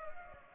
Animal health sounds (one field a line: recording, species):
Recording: mosquito wingbeat signal from an infrared sensor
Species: Culex pipiens